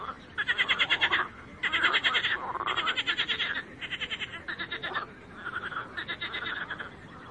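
Frog chorus of rapid, buzzy pulsed croaks, bursts following one another almost without pause, with softer callers behind them.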